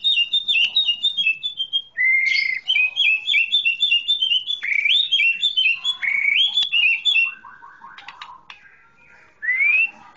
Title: Kicau Kacer Durasi Panjang 1jam Lebih